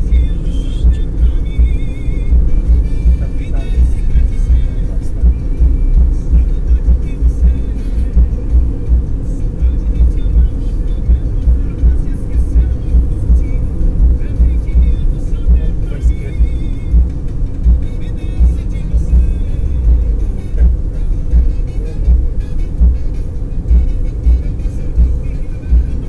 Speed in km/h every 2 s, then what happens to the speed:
71, 71, 74, 76, 79, 77, 78, 75, 71, 68, 67, 68, 69.
0-8 speeds up to 79. 12-19 slows to 67. 19-26 steady at about 68.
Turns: none.